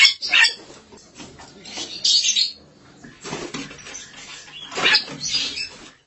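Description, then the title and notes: Starling producing scratchy chattering and harsh squeals in two busy spells, with softer mixed sounds in between. "suara burung jalak"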